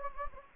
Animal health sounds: mosquito wingbeat signal from an infrared sensor; Anopheles gambiae

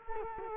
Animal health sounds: mosquito wingbeat signal from an infrared sensor; Culex quinquefasciatus

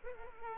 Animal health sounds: mosquito wingbeat signal from an infrared sensor; Culex pipiens

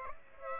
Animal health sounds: mosquito wingbeat signal from an infrared sensor; Aedes aegypti

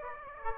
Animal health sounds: mosquito wingbeat signal from an infrared sensor; Aedes aegypti

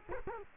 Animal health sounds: mosquito wingbeat signal from an infrared sensor; Culex quinquefasciatus

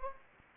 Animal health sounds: mosquito wingbeat signal from an infrared sensor; Anopheles gambiae

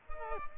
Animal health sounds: mosquito wingbeat signal from an infrared sensor; Culex pipiens

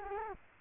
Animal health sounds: mosquito wingbeat signal from an infrared sensor; Culex quinquefasciatus

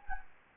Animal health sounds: mosquito wingbeat signal from an infrared sensor; Anopheles gambiae

